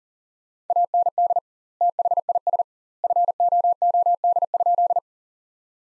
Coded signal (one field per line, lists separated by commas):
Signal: Morse code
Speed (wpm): 40 wpm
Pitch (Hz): 700 Hz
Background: none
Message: AND THIS FOOD?